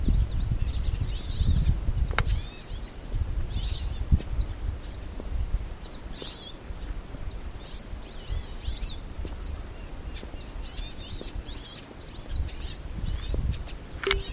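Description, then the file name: Hooded siskin twittering: a steady stream of short, high, thin chirps and trills, many overlapping, over constant low rumbling background noise. "Cabecita Negra"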